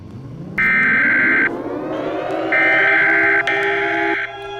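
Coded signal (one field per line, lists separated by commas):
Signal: Emergency Alert System (SAME) tones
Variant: header bursts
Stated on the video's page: Fictional EAS scenario.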